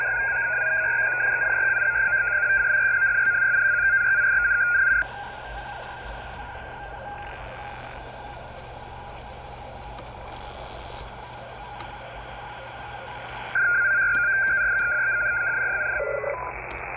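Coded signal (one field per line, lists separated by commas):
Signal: unidentified radio signal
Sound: rapid warbling two-tone data stream with faint steady tone, pausing for hiss midway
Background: radio static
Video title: 26.267 MHz USB FSK Data Stream With Pilot Carrier ??? [G8JNJ SDR] 5 Sept 2024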